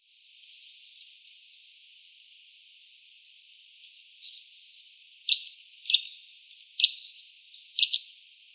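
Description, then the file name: Eurasian nuthatch calls: sharp, high notes in uneven bursts, several tumbling close together in the second half, with softer high notes in between. "Sitta europaea"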